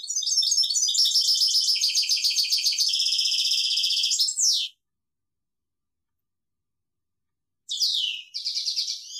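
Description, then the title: European goldfinch song: a bright, jumbled twittering phrase of over four seconds ending in a downslurred note, a pause, then a second shorter tinkling phrase. "Chant Chardonneret"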